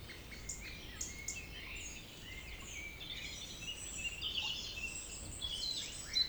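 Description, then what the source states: Birds twitter and chirp in a soft, busy chorus of high notes over steady background noise. Evening village birds singing in Tregastel bourg, Pleumeur-Bodou, France, around 8 pm, humid weather, April 2019; MKH 8040 ORTF pair in Rycote ORTF, Zoom H5 recorder.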